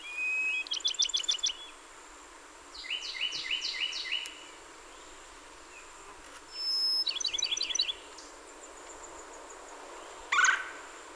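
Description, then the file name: Bachman's sparrow singing three songs, each a short whistle or buzzy start followed by a fast, metallic trill. A brief loud click or knock comes near the end. Recorded 30 April 2019; 27 songs. "2019-04-30 Bachmans Sparrow-27 Songs"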